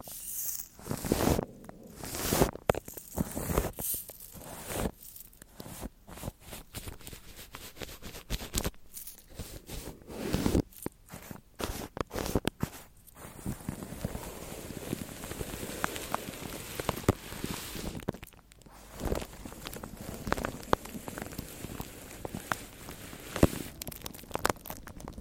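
Crackly, rustling friction sounds from a haircut and scalp treatment rubbed over the mic, dense and continuous for the whole stretch. Sharp full-range scrapes and taps hit often in the first thirteen seconds, then the texture turns steadier and softer, with occasional louder bursts around eighteen seconds.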